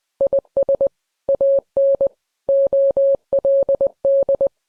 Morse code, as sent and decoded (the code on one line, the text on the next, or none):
.. ... / .- -. / --- .-.. -..
IS AN OLD